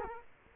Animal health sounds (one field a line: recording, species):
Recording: mosquito wingbeat signal from an infrared sensor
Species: Culex quinquefasciatus